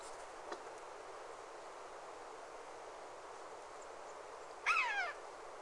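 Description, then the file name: Eurasian jay making one short descending harmonic call near the end, after several seconds of steady background hiss. "Garrulus glandarius"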